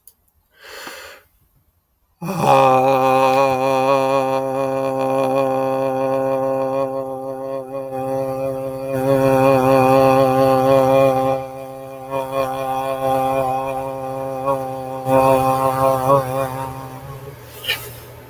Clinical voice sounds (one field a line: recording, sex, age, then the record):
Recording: vowel held as long as possible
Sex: male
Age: 40 to 49 years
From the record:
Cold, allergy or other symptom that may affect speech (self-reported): no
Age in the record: 41 years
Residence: California, United States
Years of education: 16